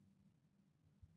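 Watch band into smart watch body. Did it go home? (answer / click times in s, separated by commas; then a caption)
no / none. A watch band piece is pushed onto the right side of an entry-level smart watch body. Quiet, low handling noise runs throughout, with a brief soft low bump near 1.0 s. The band has not snapped into place yet, and nothing has seated or clicked.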